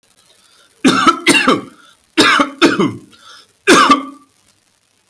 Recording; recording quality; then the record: heavy voluntary cough; excellent, no background noise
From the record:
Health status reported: healthy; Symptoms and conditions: none ticked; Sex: male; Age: 44 years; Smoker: not ticked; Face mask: not worn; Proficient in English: yes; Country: India